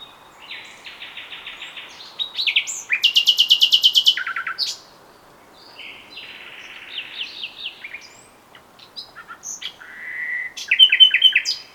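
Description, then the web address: Common nightingale song: several distinct phrases, a rapid rattling trill, fast repeated chips, a pure whistled note, then loud sharp notes, separated by short pauses. "SETE Luscinia megarhynchos"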